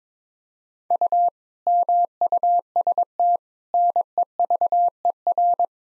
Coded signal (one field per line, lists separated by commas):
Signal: Morse code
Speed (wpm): 22 wpm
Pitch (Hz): 700 Hz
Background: none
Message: U MUST NEVER